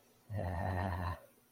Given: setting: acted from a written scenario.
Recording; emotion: vocal sound without words; ecstasy